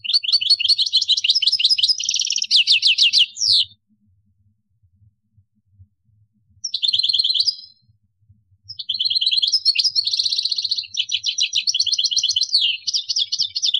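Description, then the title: European goldfinch singing several phrases of fast, rattling trills and liquid twitters, broken by pauses. "Chant Chardonneret"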